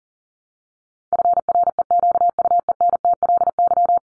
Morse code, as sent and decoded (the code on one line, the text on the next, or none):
..-. .-. . --.- ..- . -. - .-.. -.--
FREQUENTLY